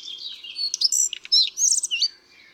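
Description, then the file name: Common redstart song: a brief high, varied phrase of quick whistled and scratchy notes, lasting about two seconds. "Pleszka"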